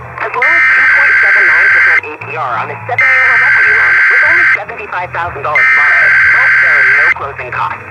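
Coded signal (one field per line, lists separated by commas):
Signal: Emergency Alert System (SAME) tones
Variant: header bursts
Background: speech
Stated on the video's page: Required Weekly Test on a Pittsburgh AM broadcast station at 1020 kHz.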